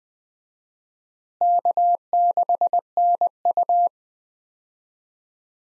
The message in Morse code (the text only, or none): K6NU